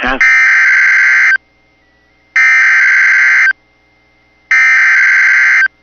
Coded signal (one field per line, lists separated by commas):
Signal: Emergency Alert System (SAME) tones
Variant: header bursts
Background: speech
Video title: [EAS] Late Season Severe Thunderstorm Warning for Bemidji MN